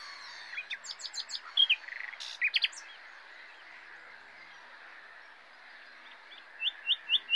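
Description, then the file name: Common nightingale singing varied phrases of high chips, a short buzz and loud repeated notes, a pause, then several whistled notes, over soft continuous hiss. "Luscinia megarhynchos"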